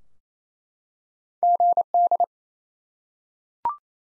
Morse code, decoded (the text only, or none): GD